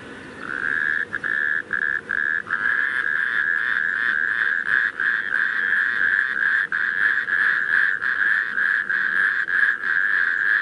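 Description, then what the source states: Natterjack toad calling, loud rattling trills, almost continuous with brief gaps. Several natterjack toads calling.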